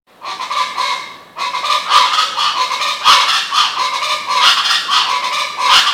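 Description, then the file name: Chachalaca calls: a nearly continuous, harsh, raucous chorus of overlapping rasping cackles. "Guacharaca"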